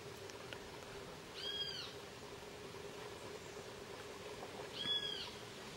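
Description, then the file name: Spangled cotinga: two rising-then-falling whistled notes roughly three and a half seconds apart, set against a continuous low droning hum. "Canto da crejoa"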